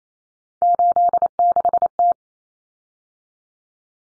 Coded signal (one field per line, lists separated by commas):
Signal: Morse code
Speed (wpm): 28 wpm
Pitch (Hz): 700 Hz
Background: none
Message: 86T